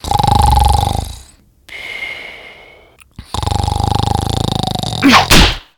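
Two loud, rattling acted snores with a breathy exhale between, ending in a sharp slap.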